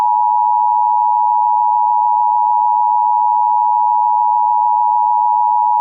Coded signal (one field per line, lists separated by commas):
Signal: Emergency Alert System (SAME) tones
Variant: 853 and 960 Hz attention tone